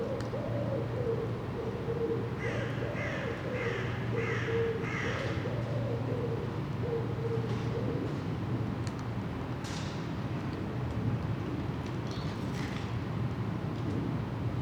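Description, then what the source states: Crow cawing faintly, a short run of harsh caws in quick succession, over a steady low hum. Recorded in Saint-Gilles, Belgium, using Earsight V2 microphones in AB stereo with a Zoom F3 recorder.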